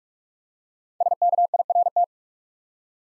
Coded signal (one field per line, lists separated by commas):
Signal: Morse code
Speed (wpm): 45 wpm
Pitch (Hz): 700 Hz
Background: none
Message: SKIRT